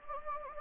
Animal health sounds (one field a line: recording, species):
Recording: mosquito wingbeat signal from an infrared sensor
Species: Anopheles gambiae